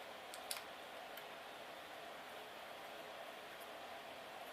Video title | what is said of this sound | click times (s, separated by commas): Raw Review: GoujyuJin (in 1080p) | get this thing to lock down properly there we go now it's | 0.5 s